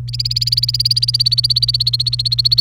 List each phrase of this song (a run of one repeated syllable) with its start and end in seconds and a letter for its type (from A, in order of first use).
0.08-2.60 A